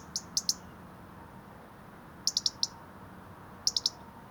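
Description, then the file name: European robin giving sharp, clicking tick calls in three short bursts, each of three or four rapid ticks, with steady low background hiss. "Erithacus rubecula"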